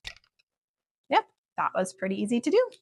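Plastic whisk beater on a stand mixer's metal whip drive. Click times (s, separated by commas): 0.1 s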